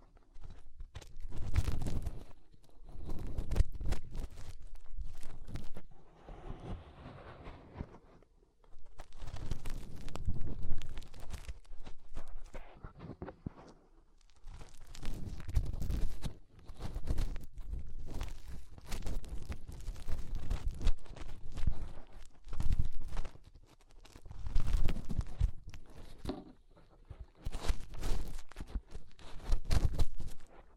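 Fingers rubbing and scratching inside an ear make loud, muffled, crackling bursts that come in clusters of a few seconds each, separated by short quiet gaps. The rustling is deep and thumpy, with sharp crunchy clicks and scrapes throughout, and no other sounds behind it.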